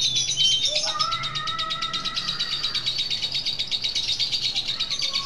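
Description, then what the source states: Lovebird chattering call: rapid high pulsed chatter, joined by a lower, drawn-out tonal wail in the first half, over background hiss. Lutino lovebird; ngekek chattering call, used for training.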